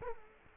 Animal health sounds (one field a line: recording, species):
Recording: mosquito wingbeat signal from an infrared sensor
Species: Culex quinquefasciatus